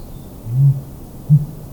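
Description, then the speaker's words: Sooty Grouse boom: two short, deep, muffled hoots about three-quarters of a second apart, very low in pitch. Male display boom used to attract females, limited to the breeding season; carries further than the closely related Dusky Grouse's boom. "For a fun comparison, here is the display sound of the closely related sooty grouse."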